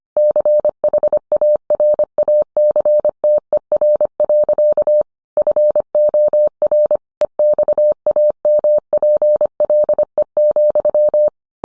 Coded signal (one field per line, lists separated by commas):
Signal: Morse code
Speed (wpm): 25 wpm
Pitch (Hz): 600 Hz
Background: none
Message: CHARACTER. FOR EXAMPLE,